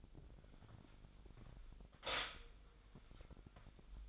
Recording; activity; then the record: daily activity, microphone in the room; stop toaster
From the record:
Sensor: 5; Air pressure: 1002.1 hPa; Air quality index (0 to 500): 206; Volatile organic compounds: 19 ppm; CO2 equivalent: 2662 ppm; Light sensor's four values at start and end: 33/108/41/44 and 33/108/41/44